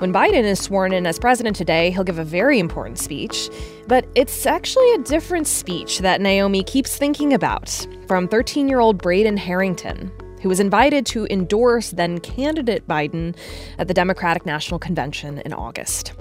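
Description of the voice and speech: A single adult woman speaks in a clear, steady news-narration style at a moderate pace. Pauses are brief and natural, with no repetitions, blocks or prolongations. This is typical fluent speech with ordinary voice quality.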